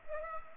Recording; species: mosquito wingbeat signal from an infrared sensor; Culex pipiens